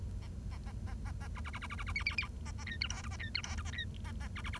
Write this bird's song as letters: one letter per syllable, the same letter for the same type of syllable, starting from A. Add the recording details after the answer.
A A A A A A B B B B B B B C C C A A D E F G A D E F G A D A A B B B. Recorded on 1 October 2012 at 09:16. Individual or60yw70